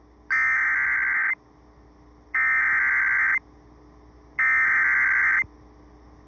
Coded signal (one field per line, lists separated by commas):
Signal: Emergency Alert System (SAME) tones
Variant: header bursts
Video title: Severe Thunderstorm Warning on 100.3 WVVR-FM (EAS #94) (AUDIO ONLY)